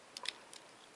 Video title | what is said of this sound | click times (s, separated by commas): MG 1/100 GN-X Review | pull out unlocks | 0.2 s, 0.3 s